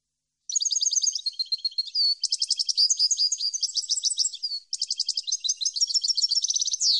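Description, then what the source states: European goldfinch singing continuously, bright tinkling and twittering phrases in quick succession, broken by brief pauses, with trills and falling slurs closing each phrase. Clean goldfinch song, for birds to copy in song training.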